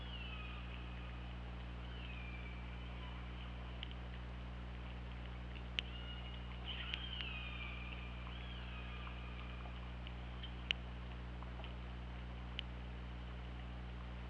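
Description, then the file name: Killer whale calls, a series of long sliding whistle-like tones, some overlapping, with sharp sporadic clicks and a steady low hum beneath. Underwater hydrophone at OrcaLab, 24 August 2017, about 21:10. "Orca Lab UTLN JASON 20170824 211020"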